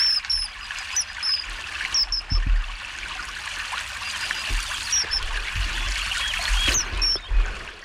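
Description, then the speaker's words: Common Kingfisher calls: thin, piercing high whistles given singly and in quick pairs throughout, over trickling stream water and a few low thumps. Heard live on the bank of a small river in the Sierra Morena natural park, Seville, Spain, during a radio nature route report. "ya hemos llegado a la ribera del Ciudadeja. Se escucha un martín pescador"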